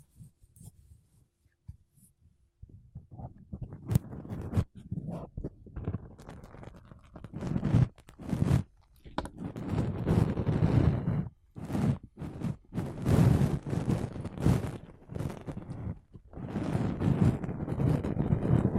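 Makeup brushes and a sponge rub against a mic in dense, scratchy bursts, starting sparse and soft, then growing loud and nearly continuous after eight seconds.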